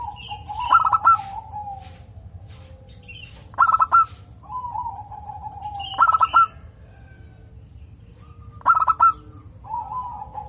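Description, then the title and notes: Zebra dove song: rhythmic stuttering coo bursts every few seconds, with lower sliding coos and occasional higher whistled notes. Local perkutut, described as gacor (singing frequently) with a loud, clear 'crystal' voice. "PERKUTUT LOKAL GACOR Suara KRISTAL LANTANG. Kicau Burung Perkutut"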